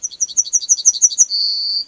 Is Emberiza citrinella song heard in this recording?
yes